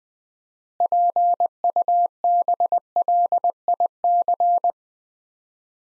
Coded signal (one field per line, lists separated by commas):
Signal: Morse code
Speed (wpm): 21 wpm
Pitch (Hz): 700 Hz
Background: none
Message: PUBLIC